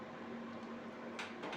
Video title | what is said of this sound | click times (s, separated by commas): HP ProLiant DL380 Gen9 – Overview & RAM Installation Guide | Push it until you hear a click sound. | 1.2 s